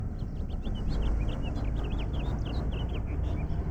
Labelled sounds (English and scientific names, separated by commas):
House Finch (Haemorhous mexicanus) song